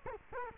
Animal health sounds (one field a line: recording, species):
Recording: mosquito wingbeat signal from an infrared sensor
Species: Culex quinquefasciatus